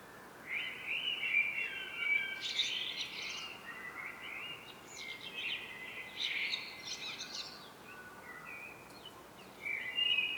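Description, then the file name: Common blackbird singing, a run of mellow fluted warbling phrases broken by high, squeaky twittering bursts, continuing almost without pause throughout. "Turdus merula"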